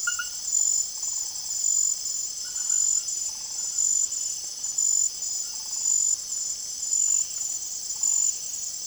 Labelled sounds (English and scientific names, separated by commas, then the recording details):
none
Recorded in secondary vegetation near Puerto Asís, Putumayo, Colombia, on 25 June 2025 at 23:00
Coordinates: 0.489, -76.322
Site G021